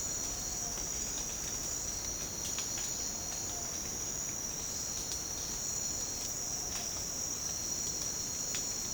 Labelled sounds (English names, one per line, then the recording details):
none
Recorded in secondary vegetation near Puerto Asís, Putumayo, Colombia, on 19 March 2025 at 07:30
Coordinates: 0.485, -76.322
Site G040